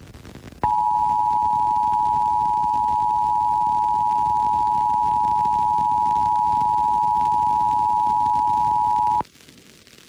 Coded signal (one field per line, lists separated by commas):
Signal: Emergency Alert System (SAME) tones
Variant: 853 and 960 Hz attention tone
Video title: EAS #1160-1161: 2 EAS Required Monthly Tests- Apr. 7, 2026- 12:15AM PDT